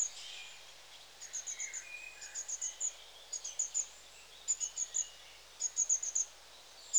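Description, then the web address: Long-tailed tit giving several clear clusters of three to five very high, thin notes, spaced roughly a second apart. "BBC Sound Effects Library. Long Tailed TIT"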